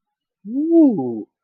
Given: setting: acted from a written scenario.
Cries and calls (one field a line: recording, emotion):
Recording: vocal sound without words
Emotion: desire